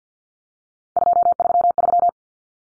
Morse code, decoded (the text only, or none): 233